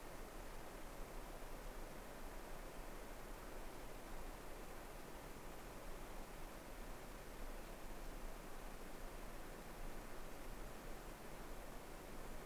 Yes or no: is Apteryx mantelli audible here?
no